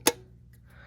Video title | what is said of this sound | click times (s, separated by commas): ￼RC4WD Earth digger 360L- Unboxing- O.R.C.E ￼ | So that's how the door opens, and then you'll hear it click, | 0.1 s